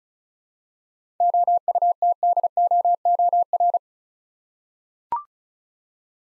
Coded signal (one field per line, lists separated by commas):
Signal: Morse code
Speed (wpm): 36 wpm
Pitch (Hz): 700 Hz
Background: none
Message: OUTDOOR